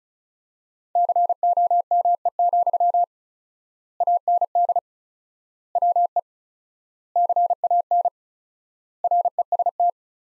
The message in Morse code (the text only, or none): COME, AND WE CAN REST